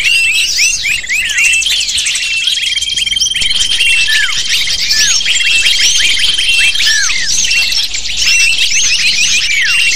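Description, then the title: Lovebirds in a crowded chorus, sharp chirps tumbling over each other, with drawn-out thin whistles at times. Lure (pikat) used to attract lovebirds. "PIKAT BURUNG LOVEBIRD"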